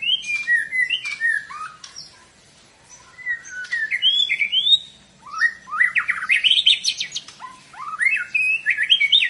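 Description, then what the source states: White-rumped shama song of loud rising and falling whistled phrases, separated by brief quiet gaps, with mixed sweeping notes and some harsher bursts. White-rumped shama described as gacor, a bird in full, continuous song; meant to make birds respond.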